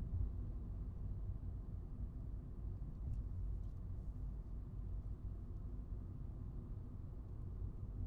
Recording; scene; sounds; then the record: everyday scene through a hearing-aid microphone; in a vehicle; engine, highway driving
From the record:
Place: Skoda Fabia, gasoline engine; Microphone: in the ear canal, right